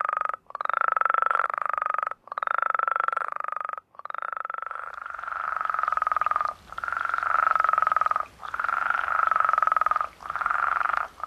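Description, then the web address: New Mexico spadefoot calls: long rasping notes, each over a second, repeated with brief gaps into a near-continuous chorus. "Songs of Frogs Toads of North America. New Mexico Spadefoot"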